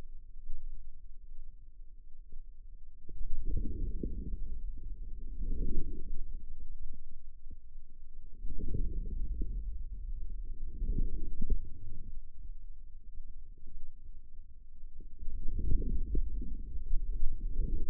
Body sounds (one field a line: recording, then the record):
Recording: forearm muscle sounds (acoustic myography)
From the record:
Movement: inward rotation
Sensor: system 2, bracelet of six BSWA MPA416 microphones around the upper forearm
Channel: 2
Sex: male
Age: 22 years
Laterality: right